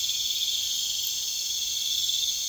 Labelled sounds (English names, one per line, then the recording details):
none
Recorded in pastures near Puerto Asís, Putumayo, Colombia, on 21 December 2024 at 19:30
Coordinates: 0.472, -76.329
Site G072